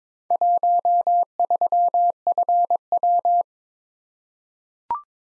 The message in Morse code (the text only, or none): 13FW